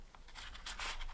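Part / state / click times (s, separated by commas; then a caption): knife pocket clip onto organizer pocket / not seated / none. A small knife pocket clip is slid into a pocket of a Maxpedition Platy Pocket Organizer, a spot at the right height but not the right place for this knife. Soft fabric rustles and handling scrapes come in short bursts, loudest around 0.7 to 0.9 s. The small clip does not hook on, so nothing has caught or clicked yet.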